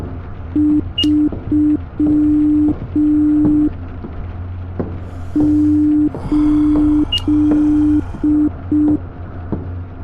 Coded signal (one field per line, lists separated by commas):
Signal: Morse code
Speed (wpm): 5 wpm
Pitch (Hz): 300 Hz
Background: none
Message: 3 8